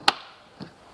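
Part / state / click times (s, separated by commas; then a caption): removable roof panel latch lever onto roof frame bar / seated / 0.1 s. On a Jeep Renegade "My Sky" removable roof panel, the latch lever is pushed forward onto the roof frame's retaining bar, tightening until it pops. A sharp snap at 0.1 s locks the panel in place, followed by a faint softer knock at 0.6 s.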